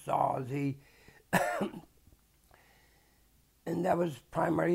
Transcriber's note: coughs